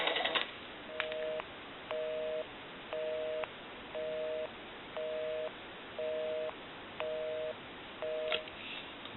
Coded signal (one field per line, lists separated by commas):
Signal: telephone call progress tone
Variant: North America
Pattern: busy tone